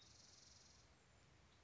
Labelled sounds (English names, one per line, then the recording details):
Spotted Towhee
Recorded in Sonoma County, California